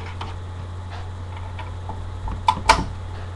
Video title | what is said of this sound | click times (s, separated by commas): How to remove keys from an M-Audio Keystation | you have to pull it up and towards you enough so that it unlatches and | 2.5 s, 2.7 s